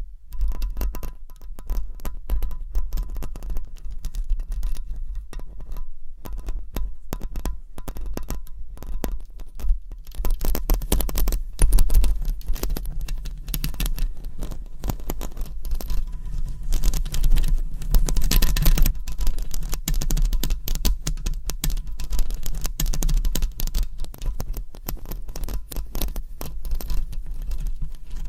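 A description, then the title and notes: Long nails scratch and rub across a microphone, making a dense, continuous run of crackly scraping strokes. A lighter, sparser stretch opens the clip, then the scratching thickens and grows louder from about ten seconds on, over a low constant rumble. ASMR Mic Scratching - Brain Scratching Hypnotic Asmr No Talking for Sleep with Long Nails.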